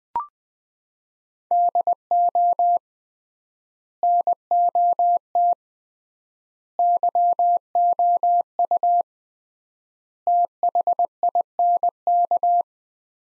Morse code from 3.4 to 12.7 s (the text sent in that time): NOT YOU THINK